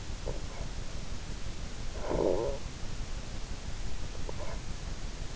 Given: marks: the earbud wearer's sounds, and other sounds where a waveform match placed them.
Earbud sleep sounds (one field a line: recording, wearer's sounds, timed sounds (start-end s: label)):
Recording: sounds in sleep by an in-ear microphone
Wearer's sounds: snoring breath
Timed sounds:
0.06-0.80 s: snoring breath
1.91-2.84 s: snoring breath
4.10-4.73 s: snoring breath